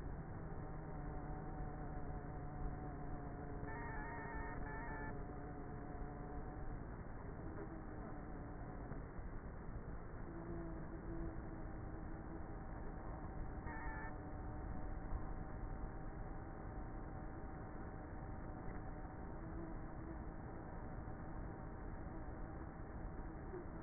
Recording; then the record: honeybee colony, microphone inside the hive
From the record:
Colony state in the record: queenless with a low population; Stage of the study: before two queens were removed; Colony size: about 30,000 bees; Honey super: no